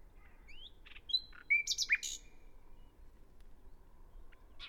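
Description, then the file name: Common nightingale song: a rich phrase of clear whistles, rising notes and a rapid burst of repeated high chirps, over a low steady background hiss. "Luscinia megarhynchos"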